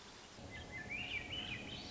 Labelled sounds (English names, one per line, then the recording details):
Swainson's Thrush
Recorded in Sonoma County, California